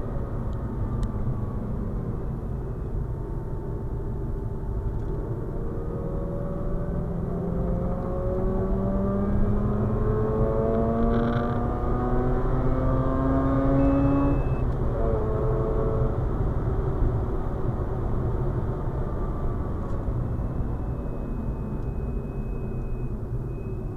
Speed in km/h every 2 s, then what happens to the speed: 71, 64, 72, 83, 97, 112, 123, 125, 116, 99, 74, 49.
3-14 speeds up to 125. 14-24 brakes to 49.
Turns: 0-6.